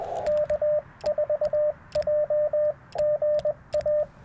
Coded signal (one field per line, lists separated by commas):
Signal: Morse code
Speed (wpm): 20 wpm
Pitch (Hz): 600 Hz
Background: radio noise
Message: K4JGA